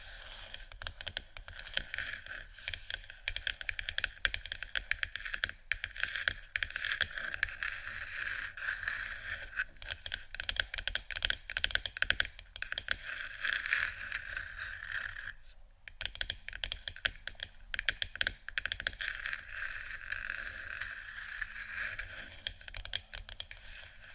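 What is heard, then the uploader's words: Wooden triggers make a dense stream of quick, sharp clicks and taps, like rapid typing, continuing almost without pause across the whole clip. The tapping thins briefly around the fifteen-second mark, then resumes just as busy. A low steady hum sits underneath throughout. ASMR Wooden Triggers（No Talking）.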